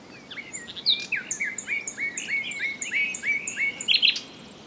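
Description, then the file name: Common nightingale delivering a rhythmic phrase of evenly spaced paired click-and-chirp notes, ending in a brief harsh flourish. "Luscinia megarhynchos"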